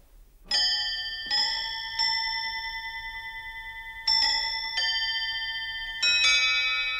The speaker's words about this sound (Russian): Между тем столовые часы пробили 3:15